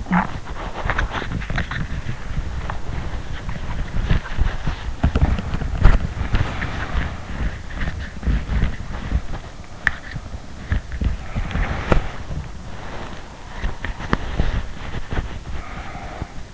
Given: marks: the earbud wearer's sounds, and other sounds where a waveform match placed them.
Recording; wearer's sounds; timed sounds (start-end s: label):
sounds in sleep by an in-ear microphone; body movement
0.00-16.54 s: body movement